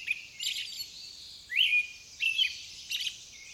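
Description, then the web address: Songbird song: bright whistled notes and rising slurred phrases in short bursts, over a faint high background wash. "Sounds of Nature Collection. Songbirds"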